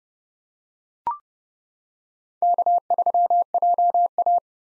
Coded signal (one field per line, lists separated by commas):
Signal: Morse code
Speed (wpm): 32 wpm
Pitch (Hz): 700 Hz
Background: none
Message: K3JA